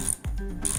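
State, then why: Seated. A rubber-metal engine silent-block bushing is pressed with a homemade tool into its housing in a moped engine mount until it seats, with music playing underneath. A small click at 0.7 s marks it snapping into place, fully seated.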